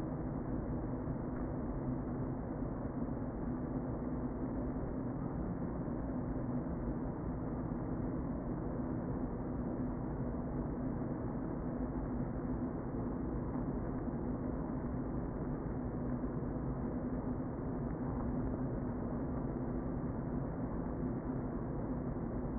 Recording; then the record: honeybee colony, microphone inside the hive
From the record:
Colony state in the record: queen present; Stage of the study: before two queens were removed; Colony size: about 60,000 bees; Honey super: yes